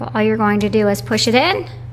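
The metal post of a front wheel on an MRZLB luxury double wagon stroller is being handled at the hole in the wagon frame, ready to be pushed in until it clicks. A woman talks throughout, with a low steady hum underneath. Nothing has seated or clicked yet.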